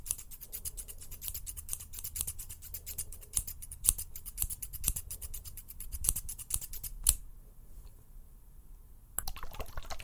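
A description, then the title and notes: Fast scissor snips and tapping run in a dense, rapid stream of crisp clicks for about seven seconds. A low rumble sits underneath. Near the seven-second mark the sounds stop for two seconds, then resume briefly. FAST AND AGGRESSIVE TRIGGERS NO TALKING. TAPPING, RUBBING, BRUSHING, SCISSOR.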